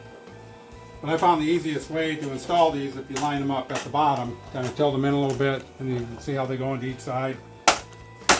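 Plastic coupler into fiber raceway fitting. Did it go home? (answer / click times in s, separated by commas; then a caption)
yes / 7.7 s, 8.3 s. Someone talks while plastic couplers are lined up at the bottom and tilted into each side of a 4-inch Slotted Down TelcoGuide fiber raceway exit fitting. Two sharp plastic snaps follow at 7.7 s and 8.3 s as the couplers seat in place.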